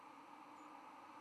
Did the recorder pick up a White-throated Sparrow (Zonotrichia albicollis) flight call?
no